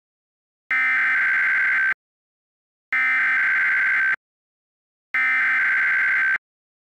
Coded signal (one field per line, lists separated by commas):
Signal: Emergency Alert System (SAME) tones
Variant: header bursts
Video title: EAS re-creation: Oregon Tsunami 2011